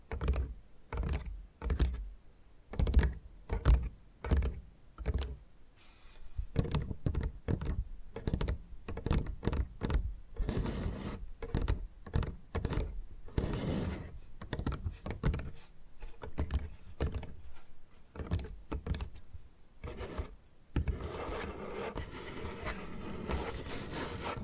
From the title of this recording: Bamboo Tapping, Scratching and Brushing Sounds